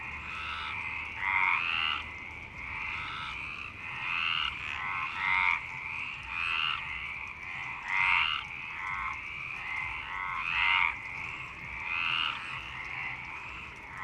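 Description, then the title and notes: Frogs croaking in a dense chorus of overlapping raspy pulsed calls. Frogs in Parc Longchamp, Marseille, Provence-Alpes-Côte d'Azur, France, 26 March 2011 at 19:35, recorded with a MixPre-6 and BASIC UCHO. "Marseille, Provence-Alpes-Côte d'Azur, France - 26_03_11_19_35 Longchamps_004 grenouilles. Grenouilles au parc de Longchamp MIXPRE 6 + BASIC UCHO"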